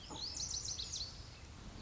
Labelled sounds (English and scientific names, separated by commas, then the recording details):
Lazuli Bunting (Passerina amoena)
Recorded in Sonoma County, California